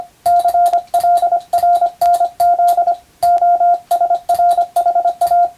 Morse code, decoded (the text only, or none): CLRNZ OSRHA